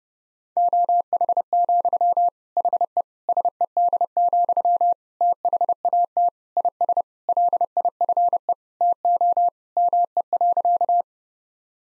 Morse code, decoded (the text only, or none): OH, HE SED, THAT IS LIFE TO ME.